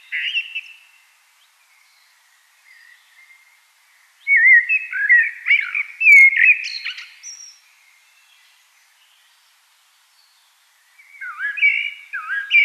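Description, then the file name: Common blackbird song: a brief warble, a pause, then a long jumbled phrase of fluty notes and squeaky twitters, with another phrase starting at the end. "Turdus merula"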